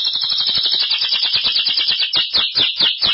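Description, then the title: Belgian canary singing a rapid rolling trill, later shifting to louder pulsed phrases with quick up-and-down sweeps, unbroken for the whole stretch. "Canario Belga"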